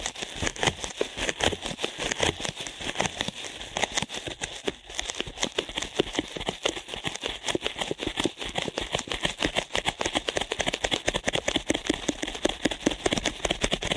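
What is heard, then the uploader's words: Rapid ear cleaning crackles in fast, dense bursts of bright rustling and scratching, nearly continuous across the clip with a brief lull near five seconds. ASMR Ear Cleaning at Helicopter Speed.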